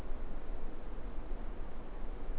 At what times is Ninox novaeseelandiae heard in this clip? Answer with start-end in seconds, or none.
none